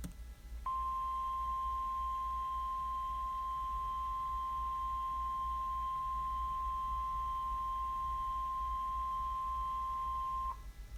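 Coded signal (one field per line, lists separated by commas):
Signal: Emergency Alert System (SAME) tones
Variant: 1050 Hz attention tone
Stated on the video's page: Fake scenario containing valid EAS tones.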